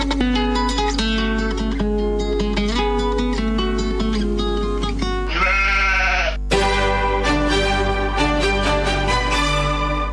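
Sheep bleat in quavering, nasal cries over a dense, steady musical background, with one higher, wavering bleat standing out alone just past the middle before the music swells back in.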